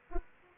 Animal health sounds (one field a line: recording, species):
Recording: mosquito wingbeat signal from an infrared sensor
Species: Aedes aegypti